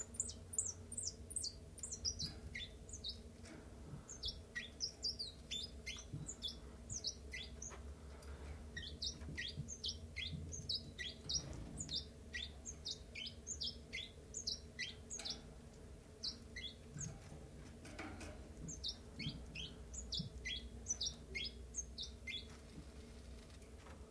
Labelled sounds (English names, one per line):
Common Chiffchaff